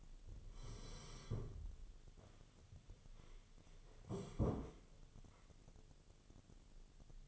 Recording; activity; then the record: daily activity, microphone in the room; sit down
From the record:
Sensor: 4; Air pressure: 1016.1 hPa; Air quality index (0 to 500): 172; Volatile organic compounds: 7 ppm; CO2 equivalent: 1960 ppm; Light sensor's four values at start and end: 9/20/8/7 and 9/20/8/8